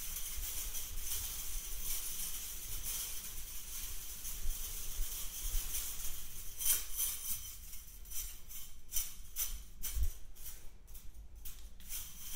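A metal toy shaken with a bright, steady jingling hiss, turning into quicker separate rattles after about seven seconds, with a low rumble underneath.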